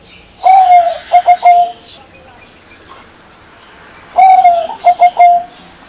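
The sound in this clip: Bird cooing: two phrases about four seconds apart, each a long smooth note followed by three short clipped coos, over low background noise.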